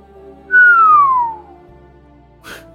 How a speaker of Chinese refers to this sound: 他忍不住吹了个口哨，调侃着笑了笑。